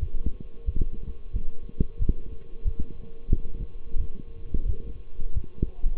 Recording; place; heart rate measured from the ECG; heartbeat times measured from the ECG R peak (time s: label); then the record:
heart sounds by stethoscope; between the tricuspid and mitral areas; 90 bpm
0.65 s: heartbeat
1.32 s: heartbeat
1.98 s: heartbeat
2.64 s: heartbeat
3.29 s: heartbeat
3.97 s: heartbeat
4.65 s: heartbeat
5.34 s: heartbeat
From the record:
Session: walking at 3.7 km/h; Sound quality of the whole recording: partially saturated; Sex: male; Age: 24 years